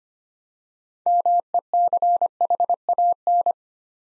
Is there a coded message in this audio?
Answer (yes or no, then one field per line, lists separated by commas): yes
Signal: Morse code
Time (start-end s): 1.1-3.5 s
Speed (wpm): 25 wpm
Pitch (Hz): 700 Hz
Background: none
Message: MECHAN